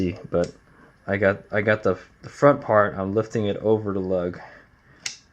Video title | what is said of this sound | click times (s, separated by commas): Promend Folding Handlebar on Sur Ron Light Bee | it latches okay | 5.1 s